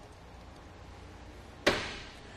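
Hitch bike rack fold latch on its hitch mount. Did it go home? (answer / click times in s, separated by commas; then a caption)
yes / 1.7 s. A Kuat NV 2.0 two-bike hitch rack on a 2011 Honda Pilot has its tab pulled out and is pushed up into its folded storage position for extra rear clearance when parking or garaging. Over faint background noise, its fold latch gives one sharp click at 1.7 s that rings out briefly. The rack is locked in the folded position.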